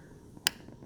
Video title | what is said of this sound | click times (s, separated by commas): Re-assembling a Para Ordnance, 1911, or clone, and how it functions | little click that's where the disconnect er came back in it allows the gun to fire now that it's completely in battery | 0.5 s